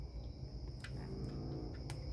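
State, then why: Seated. A red-with-yellow-stripe headlight bullet wire connector on a Kawasaki MT1/KV75 motorcycle is plugged into the matching red/yellow wire on the wiring harness, over a steady high-pitched whine and low background rumble. A brief tap sounds at 0.8 s, then a sharp click at 1.9 s as the connector seats fully.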